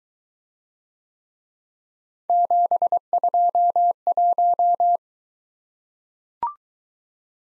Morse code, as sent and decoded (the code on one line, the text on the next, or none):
--... ..--- .----
721